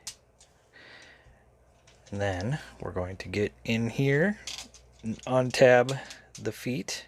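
The plastic leg pieces of a Takara-release Animated Hot Rodimus transforming robot action figure are shifted up and lock into place with a sharp little click at 0.1 s, followed by fainter clicks around 0.4 s and 1.9 s. From about 2.1 s someone talks. The leg pieces are seated in their locked position.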